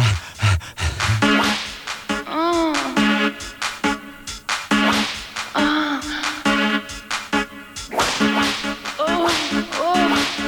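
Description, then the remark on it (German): Sharp cracks of a whip, used as part of a song, snap out several times against a dense, loud musical backdrop of sustained, wavering tones that swell and dip throughout. “Ich habe erst eine Peitsche suchen müssen nach Schwimmer, dass der Song richtig geht.”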